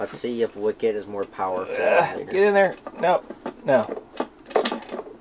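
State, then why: Partly seated. A Wicket action figure is pushed into a Castle Grayskull playset while someone talks. A short click is heard at 4.6 s, but the figure is only partly in and not fully seated.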